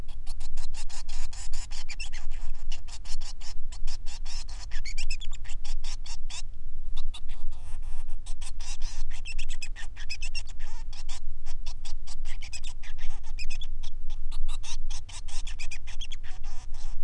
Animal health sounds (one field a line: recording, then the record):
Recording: song of a male Bengalese finch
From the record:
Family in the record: son of father 3